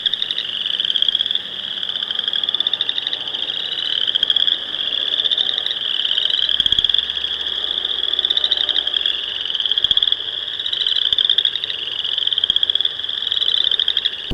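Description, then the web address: Chorus frogs in a steady, unbroken chorus of fast trilling pulses, swelling and fading slightly in waves over the whole stretch. "terrestrial amphibians frog calls chorus frog"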